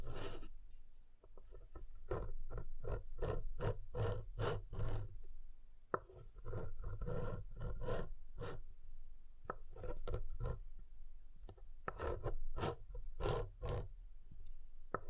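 Soft, hard soap being tapped and carved in quick, irregular bursts of scraping strokes, pausing near two and nine seconds, with a sharp tap at six.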